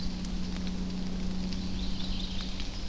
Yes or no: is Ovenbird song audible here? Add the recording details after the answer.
no. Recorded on 24 June 2016 at 08:11. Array SBT-6-76